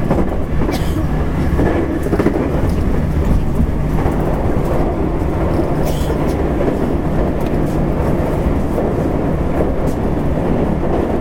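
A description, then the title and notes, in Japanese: Running sound of a 225 series train on a JR Kobe Line special rapid service: a steady, dense low rumble with a faint sustained hum running through it. Brief clicks and knocks from the wheels appear now and then, near 1, 2 and 6 seconds. JR西日本の225系電車の走行音です。JR神戸線の新快速列車にて収録しました。区間は、芦屋から大阪までです。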